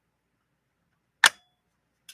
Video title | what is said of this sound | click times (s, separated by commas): Joelle's Amazing Family Project - A rare PFAFF 1222E rescued from a California Sew & Vac in 1981... | just snaps back into place again | 1.3 s